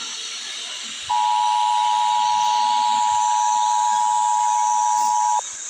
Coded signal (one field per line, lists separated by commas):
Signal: Emergency Alert System (SAME) tones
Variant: 853 and 960 Hz attention tone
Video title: this is the trashiest EAS scenario